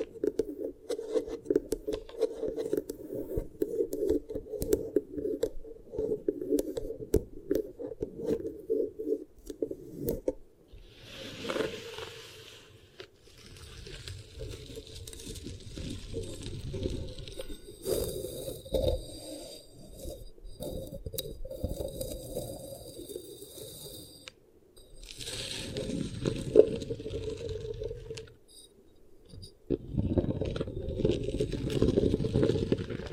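Beeswax ear triggers: soft, dense rubbing and squishing that swells and fades in irregular stretches. Sticky, crinkly scrapes brighten around 11–12 seconds, from 17 to 24 seconds, and again near 25–27 seconds. Brief near-silent gaps fall between the bursts.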